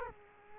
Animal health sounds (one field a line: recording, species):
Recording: mosquito wingbeat signal from an infrared sensor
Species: Culex quinquefasciatus